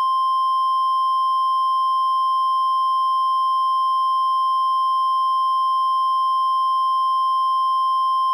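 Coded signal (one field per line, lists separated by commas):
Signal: Emergency Alert System (SAME) tones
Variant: 1050 Hz attention tone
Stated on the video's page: Simulated (mock) Tornado Emergency alert.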